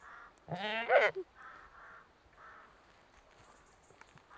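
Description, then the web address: Saanen goat uttering one harsh, quavering bleat that breaks off abruptly, with faint soft sounds in the quiet background afterwards. One British Saanen goat, a livestock animal, bleating. "BBC Sound Effects Library. One British Saanen Goat Bleating"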